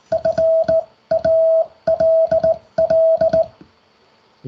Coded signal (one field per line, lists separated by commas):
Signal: Morse code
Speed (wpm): 18 wpm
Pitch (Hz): 650 Hz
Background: none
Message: FALL